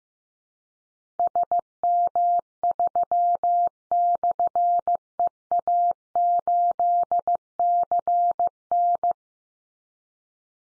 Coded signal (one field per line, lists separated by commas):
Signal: Morse code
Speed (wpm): 14 wpm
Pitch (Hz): 700 Hz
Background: none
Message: SM3/EA8CN